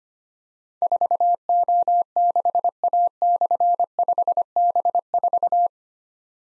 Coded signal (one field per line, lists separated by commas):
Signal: Morse code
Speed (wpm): 25 wpm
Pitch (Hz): 700 Hz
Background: none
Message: 4O6A/5B4